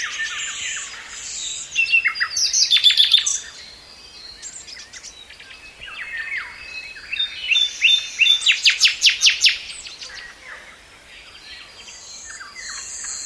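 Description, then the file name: Common nightingale song: whistles and chirps, a fast sequence of loud repeated notes around the middle, then softer warbling. "Luscinia megarhynchos"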